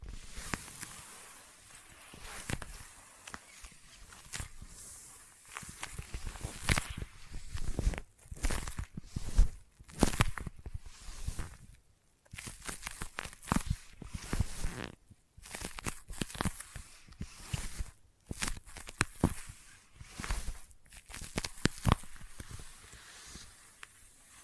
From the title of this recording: ASMR Intense Sticky Tapping and Sticky Triggers (No Talking)